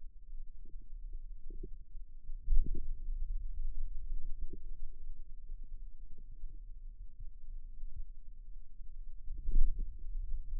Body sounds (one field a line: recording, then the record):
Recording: forearm muscle sounds (acoustic myography)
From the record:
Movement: radial deviation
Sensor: system 2, bracelet of six BSWA MPA416 microphones around the upper forearm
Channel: 4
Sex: male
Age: 22 years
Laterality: right